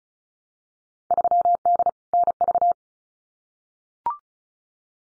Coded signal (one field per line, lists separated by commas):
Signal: Morse code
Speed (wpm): 36 wpm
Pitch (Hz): 700 Hz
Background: none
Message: 3D NV